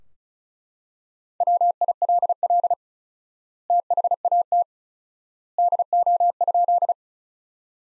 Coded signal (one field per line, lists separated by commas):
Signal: Morse code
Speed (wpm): 36 wpm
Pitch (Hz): 700 Hz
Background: none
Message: WILL THAT DO?